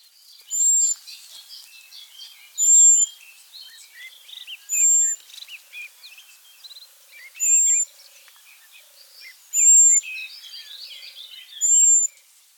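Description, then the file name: European robin: a piercing high whistle repeated about every two seconds, six times, over constant lower twittering. "Erithacus rubecula"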